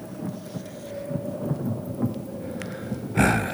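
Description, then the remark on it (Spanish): Low thunder rumbles steadily beneath a wash of falling rain under grey, black-speckled clouds at nightfall, then a sudden loud crack bursts out near the end with a broad, noisy crash. “Mirad, nubes grisáceas, moteadas de negro, serpentean sobre nuestras cabezas y los truenos...”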